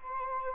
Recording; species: mosquito wingbeat signal from an infrared sensor; Anopheles arabiensis